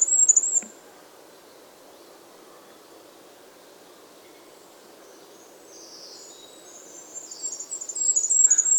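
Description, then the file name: Goldcrest song: a brief, very high thin trill at the start, then after a quiet gap a longer run of high, rapidly repeated notes rising in volume toward the end. "Regolo"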